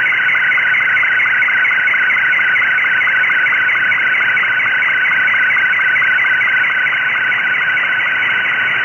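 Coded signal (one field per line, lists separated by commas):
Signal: SSTV (slow-scan television)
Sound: rapid warbling tone between two pitches with regular short ticks, under hiss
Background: radio static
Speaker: as this SSTV image is coming through, you can see some noise on the image. That is where the signal level is actually dropping due to propagation.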